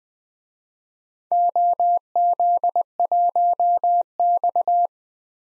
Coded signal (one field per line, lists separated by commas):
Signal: Morse code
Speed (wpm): 20 wpm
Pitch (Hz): 700 Hz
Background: none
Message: OZ1X